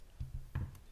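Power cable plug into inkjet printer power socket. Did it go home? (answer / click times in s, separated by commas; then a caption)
no / none. A plastic power cable plug is handled at the power socket of an HP inkjet printer, being plugged back in after a wait to fix the printer not turning on with a blinking power button. Soft low thumps come at about 0.2 and 0.35 seconds, a sharper knock at 0.6 seconds, and a lighter tap at 0.8 seconds. Nothing has seated or clicked in yet.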